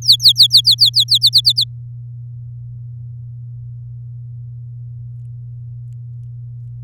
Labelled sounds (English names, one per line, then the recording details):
Domestic Canary song
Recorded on 8 May 2018 at 10:23
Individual llb16